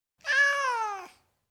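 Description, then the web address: Domestic cat giving a single drawn-out meow, about a second long, steady then dropping sharply at the end, with a clean quiet background. Male tom cat giving individual meows. "BBC Sound Effects Library. Tom Cat, Individual Meows"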